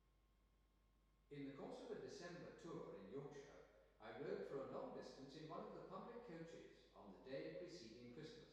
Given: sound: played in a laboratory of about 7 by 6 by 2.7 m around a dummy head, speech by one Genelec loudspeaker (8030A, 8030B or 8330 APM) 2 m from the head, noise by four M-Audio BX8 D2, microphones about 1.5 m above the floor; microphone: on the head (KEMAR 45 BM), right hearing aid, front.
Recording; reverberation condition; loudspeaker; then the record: male speech in English; high; 60 degrees to the left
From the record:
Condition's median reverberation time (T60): about 1300 ms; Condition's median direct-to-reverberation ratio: about -4.0 dB